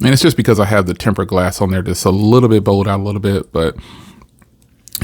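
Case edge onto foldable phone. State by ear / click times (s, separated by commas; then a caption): seated / 4.9 s, 5.0 s. Someone talks while pressing the popped-up edge of a Poetic Spartan case back down onto a Samsung Galaxy Z Fold 6 or Z Flip 6 foldable phone, where the tempered glass screen protector makes the edge bulge out a little. After the talking stops, faint taps lead into two sharp clicks at 4.9 s and 5.0 s as the case edge seats.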